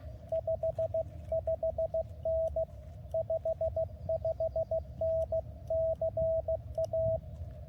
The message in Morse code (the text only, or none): 55N 55N CA